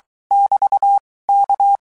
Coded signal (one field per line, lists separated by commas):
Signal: Morse code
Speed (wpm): 23 wpm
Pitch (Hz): 800 Hz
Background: none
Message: <BT> K